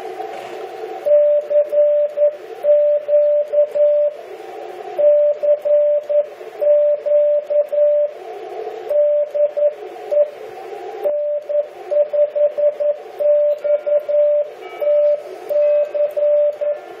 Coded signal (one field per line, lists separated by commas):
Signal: Morse code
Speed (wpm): 11 wpm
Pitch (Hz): 590 Hz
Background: radio noise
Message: CQ CQ DE N5XTC